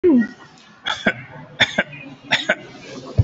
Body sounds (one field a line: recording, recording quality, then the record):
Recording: heavy voluntary cough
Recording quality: excellent, no background noise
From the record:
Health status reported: COVID-19 positive, mild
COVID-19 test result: positive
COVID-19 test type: RT-PCR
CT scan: taken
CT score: 3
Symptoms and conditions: cough, cold, fever, loss of smell and taste, hypertension, diabetes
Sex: male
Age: 52 years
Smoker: no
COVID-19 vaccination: both doses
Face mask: not worn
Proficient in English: yes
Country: India